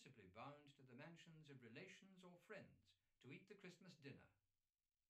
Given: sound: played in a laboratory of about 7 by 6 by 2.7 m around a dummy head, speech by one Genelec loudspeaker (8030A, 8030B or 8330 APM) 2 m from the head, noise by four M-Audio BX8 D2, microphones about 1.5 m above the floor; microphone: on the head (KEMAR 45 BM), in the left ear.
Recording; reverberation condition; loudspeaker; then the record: male speech in English; low; behind (180 degrees)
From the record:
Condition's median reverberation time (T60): about 310 ms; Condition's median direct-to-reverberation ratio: about 3.5 dB